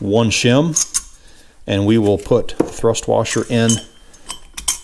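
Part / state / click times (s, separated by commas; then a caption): thrust washer and shim into a bulldozer track roller end cap / seated / 4.7 s. Someone talks while a steel shim and then a thrust washer are placed into a cast track-roller end cap for a Caterpillar D2 (#5J1113) bulldozer. A few light metallic taps lead to a sharp metallic clink at 4.7 s as the washer drops into its recess and clicks into place, seated.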